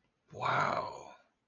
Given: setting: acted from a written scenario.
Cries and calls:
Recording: vocal sound without words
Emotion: awe

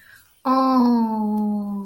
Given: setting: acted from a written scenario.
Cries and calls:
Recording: vocal sound without words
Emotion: sympathy

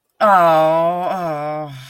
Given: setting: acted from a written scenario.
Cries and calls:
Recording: vocal sound without words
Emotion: negative surprise

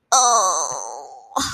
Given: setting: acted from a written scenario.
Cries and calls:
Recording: vocal sound without words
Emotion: pain

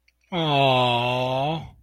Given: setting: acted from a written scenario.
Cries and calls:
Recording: vocal sound without words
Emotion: awe

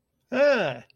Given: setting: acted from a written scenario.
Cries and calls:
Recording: vocal sound without words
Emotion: elation

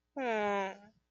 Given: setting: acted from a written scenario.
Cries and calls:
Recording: vocal sound without words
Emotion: sympathy

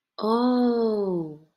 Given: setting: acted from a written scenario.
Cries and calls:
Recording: vocal sound without words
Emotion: realization

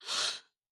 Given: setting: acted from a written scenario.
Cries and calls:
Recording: vocal sound without words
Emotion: elation

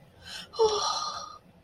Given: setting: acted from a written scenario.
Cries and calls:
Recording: vocal sound without words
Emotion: distress

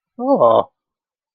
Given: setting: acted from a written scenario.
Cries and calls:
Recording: vocal sound without words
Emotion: negative surprise

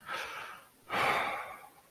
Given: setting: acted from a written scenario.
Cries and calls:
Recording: vocal sound without words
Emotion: disappointment

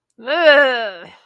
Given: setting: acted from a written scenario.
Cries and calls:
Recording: vocal sound without words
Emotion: disgust

